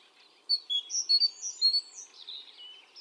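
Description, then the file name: Great tit calls: a brief flurry of high, sharp chirps that blends into softer, slurred twittering toward the end. "Parus major"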